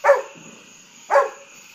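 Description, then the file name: Golden retriever, two short barks about a second apart, with a steady high-pitched hum underneath. Barking at fireworks at nighttime. "Golden Retriever Bud"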